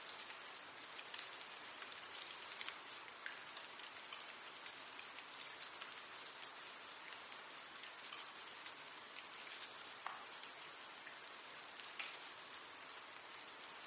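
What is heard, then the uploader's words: Melting snow drips and patters steadily from the trees, a dense, even shower of bright little taps that never lets up. Occasional louder drops land, one sharp hit near the first second and a few more around ten and twelve seconds. Snowmelt: Winter Soundscape. Melting snow and icicles fall from the trees, as the sun warms a winter wonderland.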